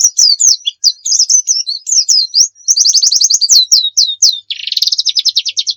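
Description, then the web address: White-eye song, fast high chirping phrases of slurred notes, then rapid trilled runs and a buzzy churr, varied. Pleci of the muria type, a song used as training audio for birds. "pleci muria. masteran pleci"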